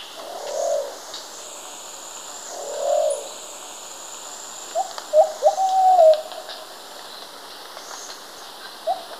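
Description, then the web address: Plumbeous pigeon giving soft hooting coos, first two single blurred notes then a quick series of short coos ending in a longer slurred one, then one more short coo, with high insect buzzing behind. Ecuador. "Birds of Ecuador. Plumbeous Pigeon"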